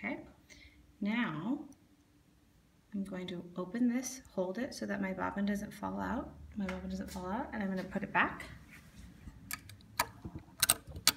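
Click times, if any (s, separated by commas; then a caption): 11.1 s. Someone talks while a metal bobbin case, taken out of an Adler 281 industrial sewing machine with its bobbin put back in, is held and pushed back onto the machine's rotary hook. A few light handling ticks follow between 9.5 and 10.7 s, then a sharp click at 11.1 s as the bobbin case seats in place.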